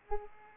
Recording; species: mosquito wingbeat signal from an infrared sensor; Culex pipiens